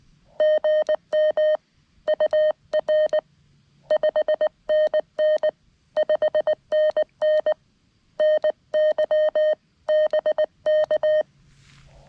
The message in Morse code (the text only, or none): GM UR 5NN 5NN NY BK